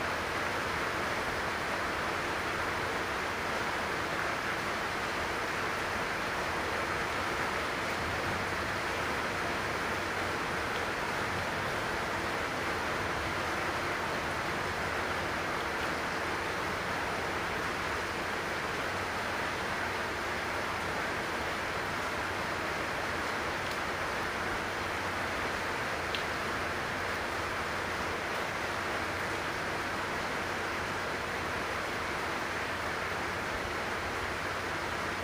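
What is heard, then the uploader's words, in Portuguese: Rain falls in a steady, dense hiss that stays unchanged for the whole stretch, bright and even, with a faint low rumble underneath. Esse episódio é uma coleção de sons de chuva gravados por mim com o objetivo de propiciar um ambiente relaxante. Sons da chuva.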